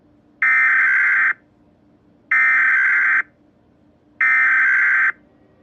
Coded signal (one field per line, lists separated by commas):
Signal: Emergency Alert System (SAME) tones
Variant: header bursts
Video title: EAS Scenario 29: The Invasion of Lord Garmadon